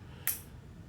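A ratchet-type piston ring compressor, wrapped around a piston and sitting flush and perpendicular on the engine block deck of a B20 VTEC bottom end, is tightened one more notch. It gives a single sharp click at 0.3 s, and the compressor is seated. No one talks.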